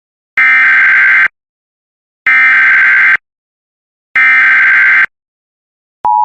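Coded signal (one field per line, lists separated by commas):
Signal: Emergency Alert System (SAME) tones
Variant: header bursts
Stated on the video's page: Real practice/demo warning for Greenville, SC, with valid tones.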